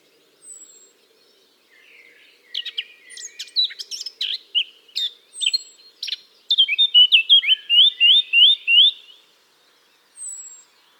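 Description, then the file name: Eurasian blackcap song: a scratchy, chattering warble that builds into a loud run of clear, fluting whistled notes, with thin high squeaks before, during and after. "Sylvia atricapilla"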